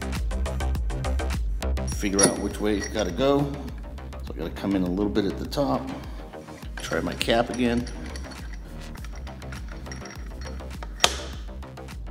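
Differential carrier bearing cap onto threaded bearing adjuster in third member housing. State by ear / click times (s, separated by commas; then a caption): seated / 11.0 s. A steel carrier bearing cap, refitted after rocking on the threads on a first try, is set over the threaded bearing adjuster in the housing of a Ford 9 inch differential third member while someone talks over background music. After several light metallic clinks, the cap drops home with a sharp metallic click at 11.0 seconds and sits seated with no wobble.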